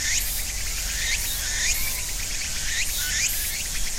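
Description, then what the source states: Cicada song with sharp upswept notes repeated at short, uneven intervals over a continuous high hissing drone of insects. Cicadas and other insects at end of summer in ornamental cherry trees between a small river and residential neighborhood, Japan; about 13:00; traffic audible; Sony PCM-M10, quasi-binaural EM172 mics on tree trunk.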